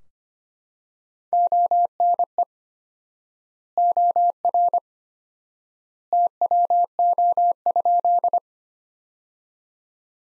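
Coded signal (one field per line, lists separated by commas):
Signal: Morse code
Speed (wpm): 25 wpm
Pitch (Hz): 700 Hz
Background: none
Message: ONE OR TWO?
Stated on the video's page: Morse practice sentences from the top 100 words at 25 wpm, sent with 4x standard word spacing, a Farnsworth-like method.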